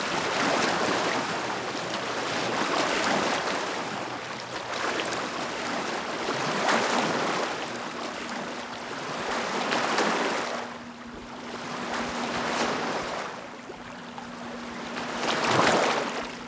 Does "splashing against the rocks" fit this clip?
yes